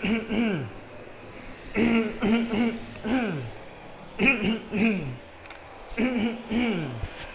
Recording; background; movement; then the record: throat clearing; traffic; walking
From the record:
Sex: male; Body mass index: 20.6 kg/m2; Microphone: on the chest, facing the body